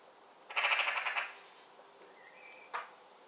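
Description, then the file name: Eurasian magpie giving a short, harsh chattering rattle of rapid pulses lasting under a second, followed by a faint thin whistle and a single sharp click. "Pica pica"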